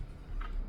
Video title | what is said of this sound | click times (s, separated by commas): Portable Hand Held Printer InkJet Text, Brand Logo Image Serial Expiry Barcode QR Code Batch Cheap | यहां से जब इसको press करेंगे तो क्लिक करके आवाज आएगी और यह अनलॉक हो गया। | 0.4 s